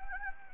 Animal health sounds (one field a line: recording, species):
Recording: mosquito wingbeat signal from an infrared sensor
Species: Anopheles gambiae